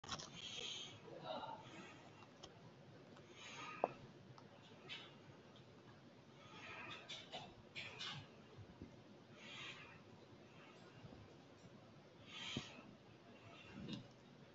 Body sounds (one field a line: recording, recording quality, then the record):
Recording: deep breathing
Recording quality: excellent, no background noise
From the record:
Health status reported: respiratory illness, not identified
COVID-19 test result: negative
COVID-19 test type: RT-PCR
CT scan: taken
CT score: 2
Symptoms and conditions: cold, breathing difficulty, chronic lung disease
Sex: male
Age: 63 years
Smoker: no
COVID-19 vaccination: one dose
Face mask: worn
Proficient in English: yes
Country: India